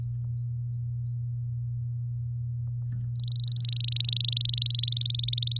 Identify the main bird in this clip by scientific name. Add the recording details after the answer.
Serinus canaria. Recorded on 7 May 2018 at 07:54. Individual llb16